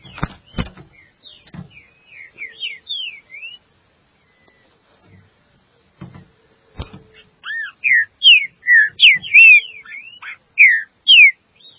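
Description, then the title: Green-winged saltator song: soft warbled notes and sharp clicks first, then a loud series of bright downslurred and arched whistles. "Trinca Ferro"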